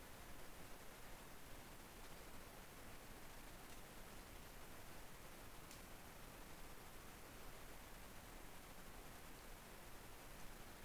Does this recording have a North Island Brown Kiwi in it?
no